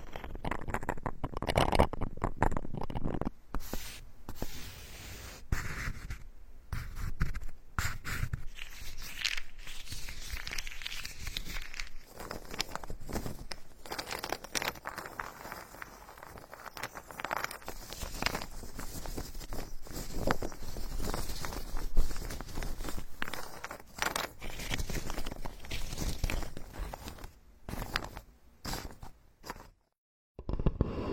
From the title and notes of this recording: Come to the carpenter's workshop, all kinds of wood massage the scalp layer by layer for ultimate relaxation.